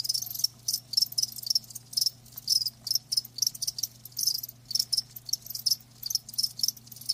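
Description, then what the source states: Cricket chirping in distinct high bursts, each a quick pulsed trill, over a soft low hum. Live crickets chirping with a lulling song, meant to help you fall asleep.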